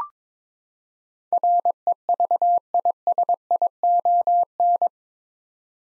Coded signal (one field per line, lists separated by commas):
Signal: Morse code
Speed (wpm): 22 wpm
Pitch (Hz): 700 Hz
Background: none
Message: REVISION